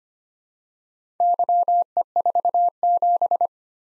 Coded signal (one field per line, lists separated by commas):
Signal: Morse code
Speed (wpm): 25 wpm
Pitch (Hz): 700 Hz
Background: none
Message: YE47